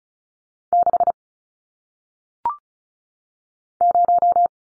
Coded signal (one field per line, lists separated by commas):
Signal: Morse code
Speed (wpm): 36 wpm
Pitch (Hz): 700 Hz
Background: none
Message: 6 0